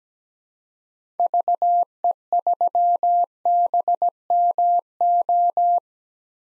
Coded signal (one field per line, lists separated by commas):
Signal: Morse code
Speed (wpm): 17 wpm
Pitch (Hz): 700 Hz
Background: none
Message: VE3BMO